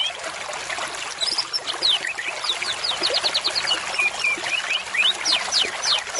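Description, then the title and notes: White-rumped shama song: rapid sharp whistles that sweep up and down, delivered in quick bursts, over a steady hiss. Song presented as an effective lure (pikat) recording. "MB Pikat Jitu.. Suara Mantap. murai batu"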